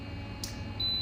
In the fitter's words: Just push it in until it clicks, and it does the whole thing for me now.